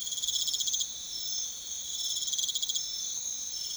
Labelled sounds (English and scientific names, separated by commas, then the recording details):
none
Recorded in secondary vegetation near Puerto Asís, Putumayo, Colombia, on 28 February 2025 at 04:30
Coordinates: 0.500, -76.326
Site GP04